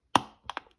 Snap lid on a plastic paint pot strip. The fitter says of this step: Then you'll hear the pop,